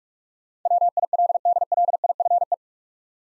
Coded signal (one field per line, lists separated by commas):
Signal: Morse code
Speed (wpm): 46 wpm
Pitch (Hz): 700 Hz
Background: none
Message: WILDLIFE